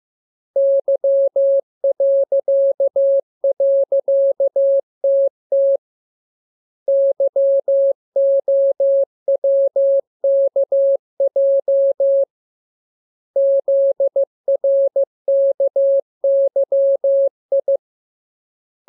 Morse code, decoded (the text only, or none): Y..TT YOWKJ ZRKYI